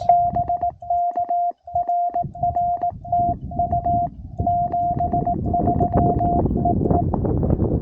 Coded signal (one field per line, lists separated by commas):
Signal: Morse code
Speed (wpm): 18 wpm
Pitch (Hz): 690 Hz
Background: none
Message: BK RR TU 73 EE